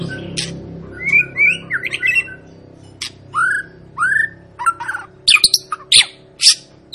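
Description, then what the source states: White-rumped shama song: clear rising whistles and slurred notes broken by sharp clicks and short bursts, with brief pauses between phrases and a faint low hum underneath. Lure song (pancingan) meant to make birds sing; long, gacor-style singing.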